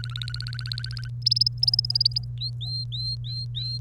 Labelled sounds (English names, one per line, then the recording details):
Domestic Canary song
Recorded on 1 May 2018 at 05:56
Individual llb3